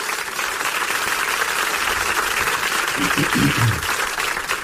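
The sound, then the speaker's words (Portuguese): A steady burst of pre-recorded crowd applause, played as a dedication to Jordi Évole, with dense and even clapping from many hands holding at a constant loudness for several seconds, with a faint low murmur of voices mixed in toward the end. “Pois espera que temos uns aplausos preparados. Pois ben, ese aplauso. Aí vai.”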